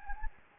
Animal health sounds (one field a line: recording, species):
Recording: mosquito wingbeat signal from an infrared sensor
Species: Anopheles gambiae